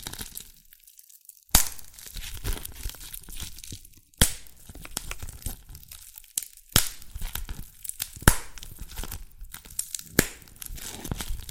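Dalgona candy is tapped and cracked, with sharp, bright snaps landing every couple of seconds, around 1.5, 4, 7, 8 and 10 seconds. Between them runs a dense, crinkly scraping and crunching that rises and falls, with only one brief quiet gap near the start.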